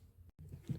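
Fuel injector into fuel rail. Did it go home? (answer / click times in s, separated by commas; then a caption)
yes / 0.7 s. A fuel injector is pushed into its fuel rail socket on a Chevy V6, and the retaining clip clicks at 0.7 s, confirming it is seated and good. Before the click there is low rumbling handling noise with a brief silent gap around 0.3 s.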